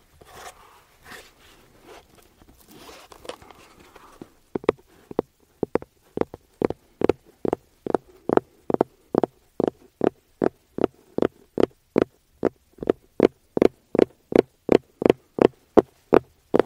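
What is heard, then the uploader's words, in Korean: Tapping on an aroma oil case. The first four seconds hold soft, scattered scratching and handling sounds, then crisp, evenly spaced taps take over, about two per second and growing steadily faster and louder, each with a short hollow ring. ASMR 노토킹 아로마오일, 케이스 탭핑.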